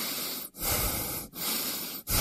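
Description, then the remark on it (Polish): Slow, deep breaths in and out, loud and airy, with brief silent pauses between each breath, about three long breath phases with no talking, taken on instructions to breathe and not breathe, in a Polish radio advertisement on Polish Radio Program Three (Trójka). “Nie oddychać. Oddychać.”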